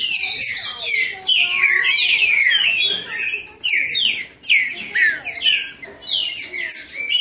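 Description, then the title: Green-winged Saltator song: loud, rich whistled phrases with slurred rising and falling notes, overlapping in a dense stream with a few short breaks, as if two birds sing together. Bird named Nicão singing in the woods, in a song contest with a free wild bird. "Trinca Ferro NICÃ O No Mato Disputando Com Solto"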